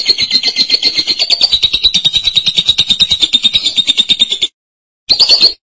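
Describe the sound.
Lovebird song: a long run of fast, buzzy, rattling chatter at a steady high pitch, pulsing several times a second, then a short pause and a brief final burst.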